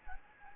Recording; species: mosquito wingbeat signal from an infrared sensor; Anopheles gambiae